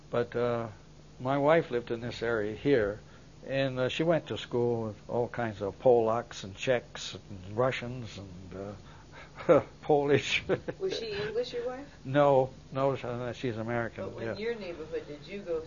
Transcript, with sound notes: But uh, my wife lived in this area here and she went to school with all kinds of Polacks and Czechs and Russians and Polish. (laughs)
Was she English? Your wife?
No, no. She's American.
Wh-what did your neighborhood, that you go through?